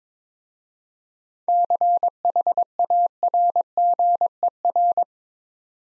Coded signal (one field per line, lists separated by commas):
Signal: Morse code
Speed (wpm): 22 wpm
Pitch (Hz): 700 Hz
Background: none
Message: CHARGER